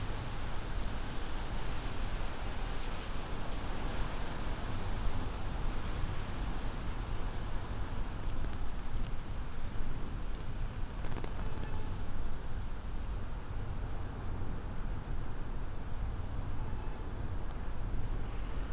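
A binaural field recording on the way across the city, filled with a steady, dense rumble of vehicle and traffic noise that stays heavy in the low end throughout. A few faint ticks and brief clatters surface around the three-second mark and again near ten seconds.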